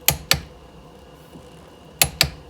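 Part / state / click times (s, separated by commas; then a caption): torque wrench on steering wheel retaining nut / torque reached / 0.1 s, 0.3 s, 2.0 s, 2.2 s. A click-type torque wrench tightens the steering wheel retaining nut on a Jeep Wrangler JK during a steering wheel conversion. It gives four sharp clicks at 0.1, 0.3, 2.0 and 2.2 seconds against a quiet background. The nut is confirmed torqued to 40 ft-lb.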